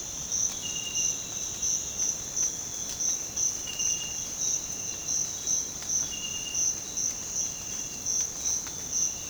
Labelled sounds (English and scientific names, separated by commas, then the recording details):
none
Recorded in dense forest near Puerto Asís, Putumayo, Colombia, on 25 June 2025 at 06:00
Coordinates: 0.486, -76.317
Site G065